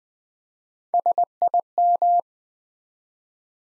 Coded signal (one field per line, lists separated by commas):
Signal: Morse code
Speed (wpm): 20 wpm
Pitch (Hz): 700 Hz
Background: none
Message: SIM